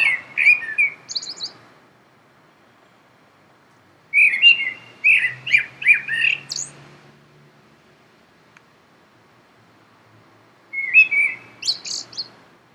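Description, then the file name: Common blackbird singing three separate phrases, each a mellow fluted warble ending in high squeaky twitters, with long pauses between; a faint low hum in the background. "blackbird"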